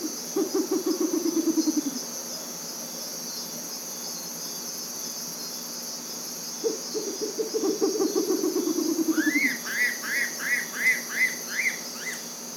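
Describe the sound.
Bare-legged owl giving two rapid pulsed low trills, each lasting a couple of seconds, then a run of higher arched chirping notes near the end, over constant high insect buzzing.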